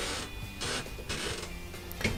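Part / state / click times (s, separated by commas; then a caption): washer front panel into cabinet clips / seated / 1.9 s, 2.0 s. The sheet-metal front panel of a GE washer is pushed back onto the cabinet, with its pins and two spring tabs lined up with the cabinet clips. Bursts of scraping and rubbing from the panel sliding into place are followed by sharp snaps at 1.9 s and 2.1 s. The panel seats and is secure.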